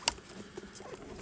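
A rear white plastic clip of a cheek pad is pressed into the shell of a Shoei Neotec 3 helmet, the last of its three clips. One sharp, bright snap at 0.1 s shows it seating, and a few faint softer taps follow. No one speaks.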